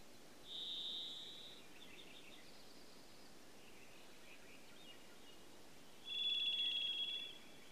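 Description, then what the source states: Varied thrush song: a long, steady, buzzy whistled note, a long pause, then a second buzzy tone at a similar pitch. Faint, thin notes from other birds fall in the gap. Denali, Alaska, 10 June 2026, about 00:53.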